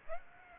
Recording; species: mosquito wingbeat signal from an infrared sensor; Aedes aegypti